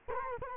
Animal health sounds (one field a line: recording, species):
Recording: mosquito wingbeat signal from an infrared sensor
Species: Culex quinquefasciatus